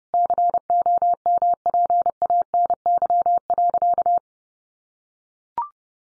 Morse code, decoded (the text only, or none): COMPANY.